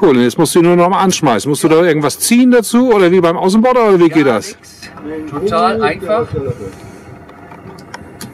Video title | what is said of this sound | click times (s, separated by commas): Neuer Elektro-Außenborder in Laboe | wieder eingerastet wie beim normalen | 7.9 s, 8.2 s